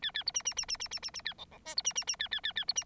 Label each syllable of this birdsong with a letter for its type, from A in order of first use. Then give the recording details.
A A B C C C C C C C C A D D E B C C C A A A A B C. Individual Bird9